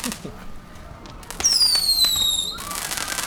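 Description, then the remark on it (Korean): Fireworks go off: a high whistling rocket glides downward in pitch for about a second, while several sharp pops and crackles burst around it over a steady low rumble. “아 왜? 어 갑자기 저 불꽃놀이에 홀렸어.”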